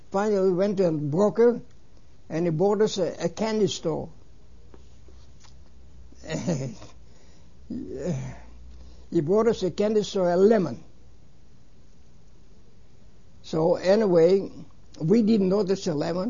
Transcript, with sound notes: Finally we went to a broker and the broker said, "A candy store." ( he laughs ) He brought us a candy store, a lemon. So, anyway, we didn't know that's a lemon.